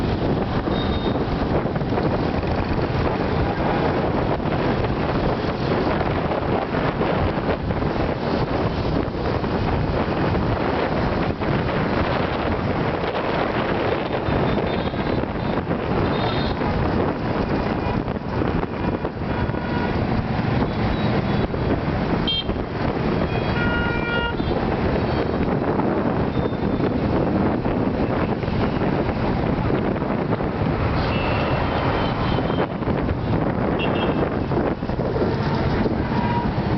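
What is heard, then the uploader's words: A motorbike ride into a city: constant engine drone and wind buffeting the microphone, with faint horn beeps from traffic around 22 to 25 seconds. Motorbike ride from Quang Nam into Da Nang. Riding into Da Nang City from south of town. WOOHOO WIND SOUNDS.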